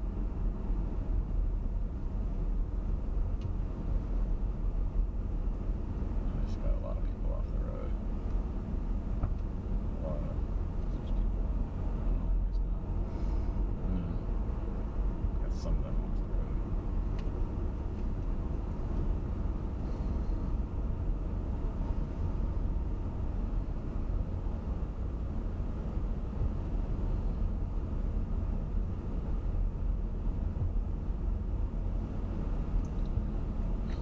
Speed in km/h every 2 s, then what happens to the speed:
31, 29, 31, 27, 27, 29, 34, 37, 34, 31, 31, 29, 26, 26, 26, 26, 26.
0-9 steady at about 29. 9-14 speeds up to 37. 14-24 slows to 26. 24-34 steady at about 26.